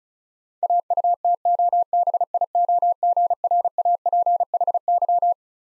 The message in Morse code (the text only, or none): AUTOBIOGRAPHY